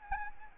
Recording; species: mosquito wingbeat signal from an infrared sensor; Anopheles arabiensis